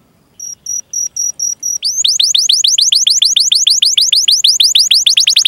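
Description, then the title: Canary song opening with a few short evenly spaced high notes, then breaking into a fast, steady trill of sharp descending sweeps that continues to the end. Canary singing vigorously (gacor), with its best melodic phrasing (cengkok) and richest fill-in (isian), for bird-song training. "Kenari Gacor Cengkok Terbaik Isian Paling Mewah Kenarigacor Kicaumania Kenari"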